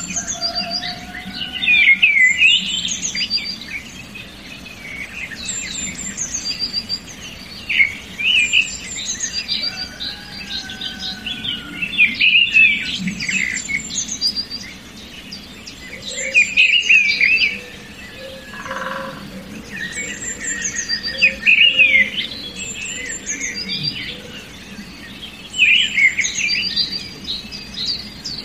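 Many different birds sing at once in a dense, continuous chorus of chirps, trills and whistles, mostly bright and high, with a few lower whistled notes. The calls overlap throughout, swelling at times, over a steady low rumble underneath.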